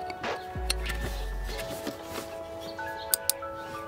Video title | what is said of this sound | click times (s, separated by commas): MAKE YOUR BMW 328i N52 FEEL FASTER AND MORE FUN TO DRIVE - BMS Pedal Tuner Install and Review | you just hear a click and that's how you know it's in | 3.1 s